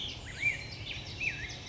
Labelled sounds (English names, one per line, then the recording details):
Black-headed Grosbeak
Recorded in Sonoma County, California